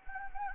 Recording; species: mosquito wingbeat signal from an infrared sensor; Anopheles gambiae